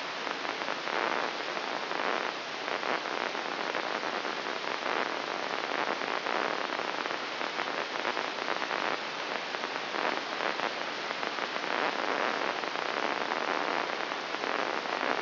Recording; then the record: brain microelectrode recording played as sound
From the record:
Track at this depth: outside the subthalamic nucleus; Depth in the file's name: -0.683 mm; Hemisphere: left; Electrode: 3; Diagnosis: Parkinson's disease